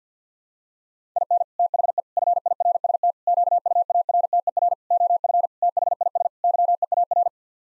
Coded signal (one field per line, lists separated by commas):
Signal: Morse code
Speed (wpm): 50 wpm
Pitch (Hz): 700 Hz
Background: none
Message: IN THE FIRST QUARTER OF THIS YEAR